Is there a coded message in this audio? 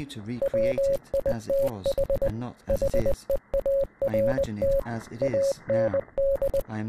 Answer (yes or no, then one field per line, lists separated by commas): yes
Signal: Morse code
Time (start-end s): 0.4-6.6 s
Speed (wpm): 20 wpm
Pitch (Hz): 550 Hz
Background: speech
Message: WITH HEART AND